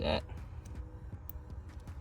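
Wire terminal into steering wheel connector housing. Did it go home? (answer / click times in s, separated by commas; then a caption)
yes / 1.3 s. A second paddle-shifter wire for a BMW F30 paddle shifter retrofit is routed from behind, and its terminal is pushed into the empty slot of the steering wheel connector housing. Someone talks briefly, then a sharp click at 1.3 s marks the terminal seating and locking in place.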